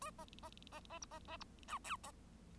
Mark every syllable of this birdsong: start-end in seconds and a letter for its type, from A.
0.01-0.10 A, 0.18-0.25 B, 0.42-0.49 B, 0.71-0.80 B, 0.89-0.99 B, 1.01-1.06 C, 1.10-1.19 B, 1.27-1.37 B, 1.40-1.45 C, 1.67-1.78 D, 1.84-1.97 E, 2.03-2.12 B